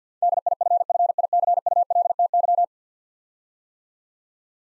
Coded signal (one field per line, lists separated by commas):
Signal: Morse code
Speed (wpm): 52 wpm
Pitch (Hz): 700 Hz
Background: none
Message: DIFFICULTY